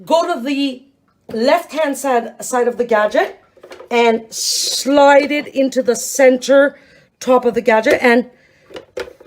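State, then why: Not seated. Someone talks while handling the L-shaped crank arm of a Paderno World Cuisine 4 Blade Spiralizer, sliding it into the centre top of the plastic spiralizer frame. Two short, sharp handling sounds come near the end, at about 8.8 and 9.0 seconds. Nothing has seated or clicked into place yet.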